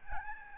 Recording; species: mosquito wingbeat signal from an infrared sensor; Aedes albopictus